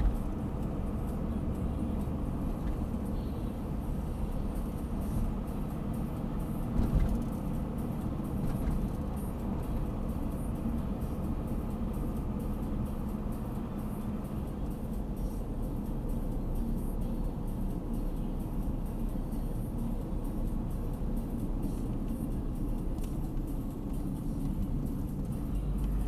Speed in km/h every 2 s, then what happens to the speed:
56, 56, 58, 57, 57, 57, 53, 51, 50, 50, 46, 38, 36.
0-22 slows to 38.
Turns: none.